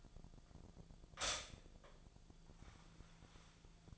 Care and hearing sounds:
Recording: daily activity, microphone in the room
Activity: stop toaster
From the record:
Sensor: 5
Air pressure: 1009.4 hPa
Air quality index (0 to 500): 169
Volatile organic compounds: 4 ppm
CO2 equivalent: 1634 ppm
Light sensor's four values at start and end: 89/237/96/101 and 89/238/97/102

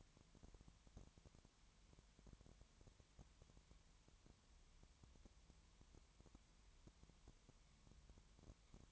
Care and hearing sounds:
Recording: daily activity, microphone in the room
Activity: no activity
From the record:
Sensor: 3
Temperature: 20.5 degrees Celsius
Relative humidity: 32.9%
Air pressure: 1003.2 hPa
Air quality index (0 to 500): 105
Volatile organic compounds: 2 ppm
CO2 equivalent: 1071 ppm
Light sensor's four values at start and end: 2/3/2/2 and 2/3/2/2

